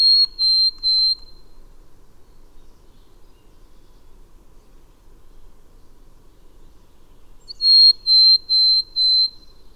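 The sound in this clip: Bird singing a short series of three level, high whistles, then a long pause before four more evenly spaced whistled notes.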